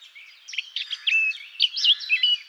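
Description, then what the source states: Eurasian blackcap song: a brief rapid warble of mixed scratchy and clear whistled notes in a short continuous stretch. Recorded in Garching on 17 June 2014.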